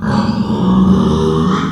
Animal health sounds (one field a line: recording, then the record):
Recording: squeal of a Yucatan mini pig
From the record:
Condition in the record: after surgery on the right vocal fold (resection and tissue-engineered implant)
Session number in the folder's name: 16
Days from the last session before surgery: 183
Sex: female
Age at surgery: 19 weeks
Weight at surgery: 25 kg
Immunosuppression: prednisolone